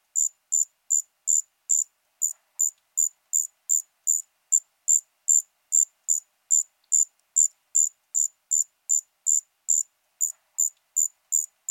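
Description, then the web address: Striped ground cricket song, a steady run of short high-pitched trilled pulses repeated evenly, roughly two or three each second throughout. "Crickets and Katydids. Striped Ground Cricket, Allonemobius fasciatus"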